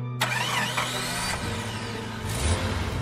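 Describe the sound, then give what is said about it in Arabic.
A cold car engine cranks and catches with a sudden loud burst, then settles into a steady low rumble that swells slightly near the end. No one speaks. “لو شرقت السيارة الآن لكانت كارثة.”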